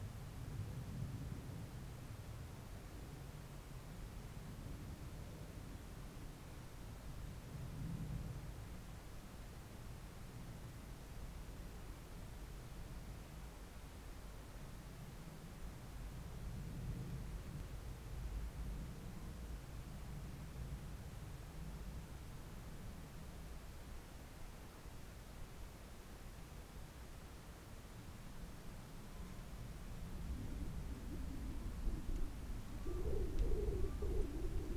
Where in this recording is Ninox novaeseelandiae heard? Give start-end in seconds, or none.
32.48-33.05, 33.73-34.10